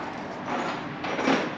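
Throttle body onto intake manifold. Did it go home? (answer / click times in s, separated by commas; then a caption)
no / none. A billet throttle body is pushed and shifted against the intake manifold of a 4.6 3V engine while being fitted with the stock bolts. The result is a steady broadband scraping, sliding rub that swells around 0.5 s and again from about 1.0 s. Nothing has seated or clicked yet, and the throttle body is not seated on the intake.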